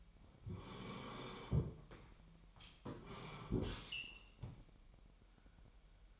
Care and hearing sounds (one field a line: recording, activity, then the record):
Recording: daily activity, microphone in the room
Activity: sit down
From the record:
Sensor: 1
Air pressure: 998.6 hPa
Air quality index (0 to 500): 118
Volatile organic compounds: 3 ppm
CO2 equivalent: 1410 ppm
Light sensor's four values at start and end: 8/19/8/9 and 8/19/8/9